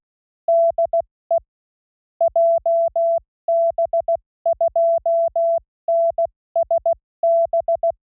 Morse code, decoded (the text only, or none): DE JB2NSB